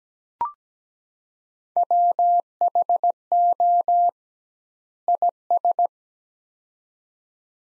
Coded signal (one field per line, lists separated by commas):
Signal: Morse code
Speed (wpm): 17 wpm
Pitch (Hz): 700 Hz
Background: none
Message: WHO IS